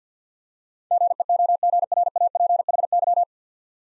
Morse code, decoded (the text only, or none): GEOGRAPHY